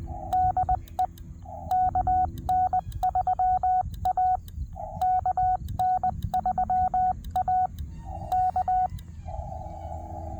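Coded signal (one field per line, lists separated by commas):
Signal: Morse code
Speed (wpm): 20 wpm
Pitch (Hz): 740 Hz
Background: none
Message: DE KN3A KN3A K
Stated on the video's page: 40 m daytime park activation with a Wolf River Coils Sporty Forty coil on a 17-foot whip, four ground radials, spike mount, under poor band conditions.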